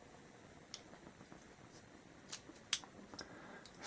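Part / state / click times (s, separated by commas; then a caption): shell holder into hand priming tool / seated / 2.7 s. A shell holder is slid into an RCBS hand priming tool and pressed down, with faint ticks and scrapes at about 0.7, 2.3 and 3.2 seconds. A sharp, bright snap at 2.7 seconds marks the shell holder seating into place in the hand primer.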